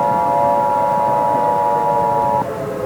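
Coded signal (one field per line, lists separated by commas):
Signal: Emergency Alert System (SAME) tones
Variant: 853 and 960 Hz attention tone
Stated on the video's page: Simulated, fictional EAS scenario, not a real alert.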